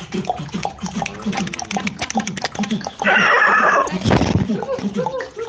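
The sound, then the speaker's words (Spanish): A man narrates steadily while a single whinny from a horse with a patch on its belly, chased by people, rises for about a second midway, a bright, quavering cry followed by a brief rushing burst before the talking carries on. “el caballo, que le pusieron de apodo el Bragado por la mancha que tenía en la panza, empezó a correr”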